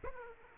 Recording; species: mosquito wingbeat signal from an infrared sensor; Aedes aegypti